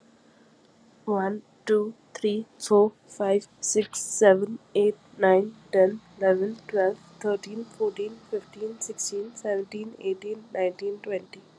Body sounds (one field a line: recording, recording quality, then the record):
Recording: counting at a fast pace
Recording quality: excellent, no background noise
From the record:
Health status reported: COVID-19 positive, mild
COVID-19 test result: positive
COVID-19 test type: RT-PCR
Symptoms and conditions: cough, cold, sore throat, fever, fatigue, muscle pain, loss of smell and taste, asthma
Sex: female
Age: 25 years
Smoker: no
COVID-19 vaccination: both doses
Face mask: not worn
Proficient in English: yes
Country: India